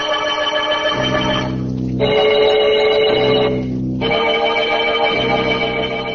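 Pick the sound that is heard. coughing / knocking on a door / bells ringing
bells ringing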